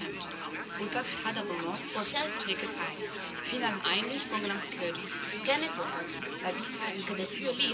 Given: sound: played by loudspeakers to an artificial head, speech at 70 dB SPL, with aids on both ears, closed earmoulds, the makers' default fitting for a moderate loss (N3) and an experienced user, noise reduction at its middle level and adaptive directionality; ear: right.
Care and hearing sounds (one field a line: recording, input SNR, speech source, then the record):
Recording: speech test signal (ISTS) in cocktail-party noise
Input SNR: -3 dB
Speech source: on the right (90 degrees)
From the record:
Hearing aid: class 2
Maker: E